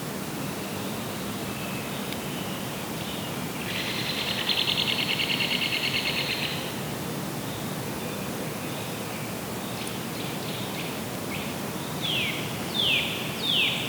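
Woodpeckers sound in the distance over a steady, hissing background. From about four to six and a half seconds a rapid, high drumming rattle holds steady. After ten seconds a series of quick, bright descending calls repeats, growing louder toward the end.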